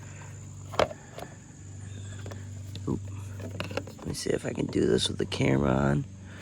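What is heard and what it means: A plastic cover, likely the air filter cover, is handled against the bottom clips on the housing of a Honda HRX217HYA lawn mower, with short plastic knocks near 0.8, 3.6 and 3.8 seconds. Someone talks toward the end. Nothing has clicked or seated yet.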